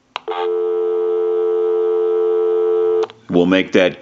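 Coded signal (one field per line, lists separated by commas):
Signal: telephone call progress tone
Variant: North America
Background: speech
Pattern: dial tone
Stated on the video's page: Call progress tone on a European PTT rotary desk telephone during checkout, repair and conversion.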